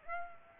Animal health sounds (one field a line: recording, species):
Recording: mosquito wingbeat signal from an infrared sensor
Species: Aedes aegypti